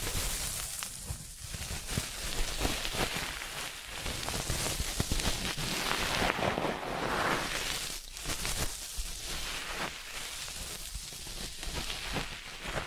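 Ear cleaning triggers: a dense, crackly rustling and scratching that fills the whole range, swelling and easing in uneven waves. Brief dips break the texture around one, eight and ten seconds, and the bright, hissy scraping then resumes.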